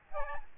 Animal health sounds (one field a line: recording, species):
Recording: mosquito wingbeat signal from an infrared sensor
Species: Aedes albopictus